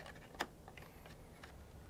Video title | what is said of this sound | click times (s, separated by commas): Working From Home With MSI | and push until you have heard the click. | 0.4 s